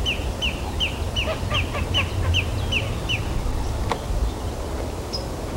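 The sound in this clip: Bird gives a quick series of sharp, descending high notes, then falls silent amid constant low noise.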